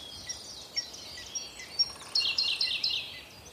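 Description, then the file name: Willow tit calling: thin, high, scattered notes, then a short run of buzzy repeated notes near the end, with a faint background hiss. "kogara"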